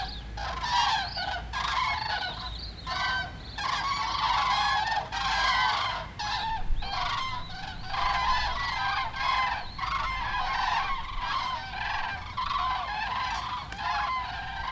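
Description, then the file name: Goose: geese honking as a flock, many overlapping nasal honks in dense bursts with brief gaps, continuing throughout. "Wild Geese"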